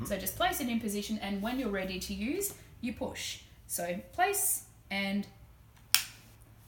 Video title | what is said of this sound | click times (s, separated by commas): 5804 teaching example | You would have heard a click. Once you hear the click, you know that the device is activated. | 5.9 s